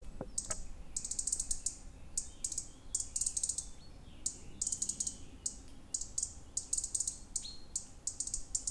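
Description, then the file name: European Robin song, a string of high, tinkling phrases with short gaps, opening with a couple of sharp clicks, against faint low-frequency noise. "rouge gorge"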